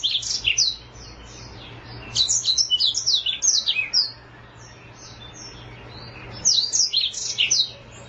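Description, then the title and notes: Oriental magpie-robin singing three bursts of rapid, high, varied chirps and whistles with short pauses between, over a faint low hum. "Kicau Kacer. manukmanukan"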